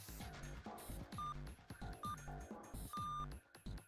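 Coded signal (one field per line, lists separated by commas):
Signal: none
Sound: a puzzle game's input beeps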